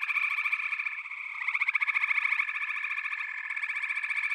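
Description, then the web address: Dense frog chorus of rapid pulsed trills; a louder bout of calling rises around one and a half seconds, then settles into a steady high buzz. A chorus of frogs calling together. "The Natural Sounds of the Wilderness. Echoes of Nature - Frog Chorus"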